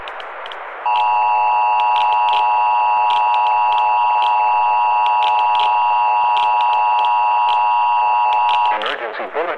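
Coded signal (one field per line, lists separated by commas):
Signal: Emergency Alert System (SAME) tones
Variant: 853 and 960 Hz attention tone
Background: speech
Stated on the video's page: Simulated in-game EAS alert for an explosion.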